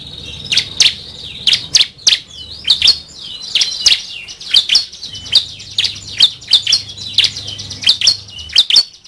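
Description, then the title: Bar-winged prinia song: sharp, high chirps and short downslurred notes repeated irregularly, about two per second, with a faint low hum beneath. 2019 training song for caged birds, 'semi' and 'kristal' (crystal) varieties. "Masteran 2019 Cisem Ciblek Semi Dan Cikris Ciblek Kristal"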